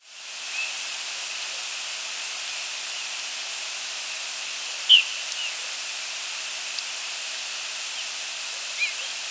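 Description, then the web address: Rose-breasted grosbeak giving a single sharp, squeaky call note near five seconds, with a fainter note near the end, over steady loud hiss. "grosbeak rbgr"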